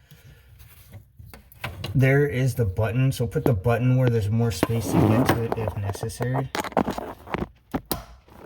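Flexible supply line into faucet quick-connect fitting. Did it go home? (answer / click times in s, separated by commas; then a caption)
yes / 7.9 s. Someone talks while a flexible supply line is pushed onto the quick-connect fitting of a widespread faucet, with the fitting's release button turned toward the side with more space. A few small knocks and taps come before a sharp snap at 7.9 s as the line latches and seats on the fitting.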